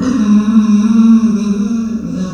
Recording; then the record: squeal of a Yucatan mini pig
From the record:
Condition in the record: after surgery on the right vocal fold (resection and tissue-engineered implant); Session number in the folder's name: 9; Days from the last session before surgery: 65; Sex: female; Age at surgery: 19 weeks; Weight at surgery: 25 kg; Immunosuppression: prednisolone